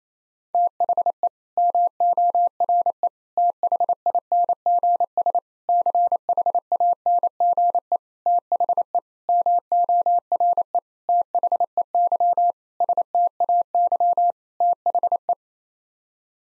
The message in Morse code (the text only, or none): THE MORE THINGS CHANGE THE MORE THEY STAY THE